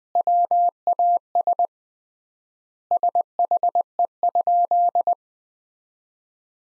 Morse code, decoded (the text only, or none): WAS SHE?